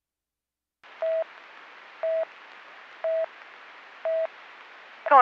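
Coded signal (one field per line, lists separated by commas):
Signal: none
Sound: radio channel alert beeps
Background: speech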